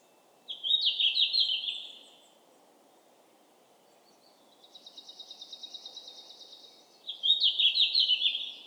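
Red-flanked Bluetail singing two short, bright warbled phrases of quickly falling notes, with a fainter high buzzy trill between them over a steady low background hum.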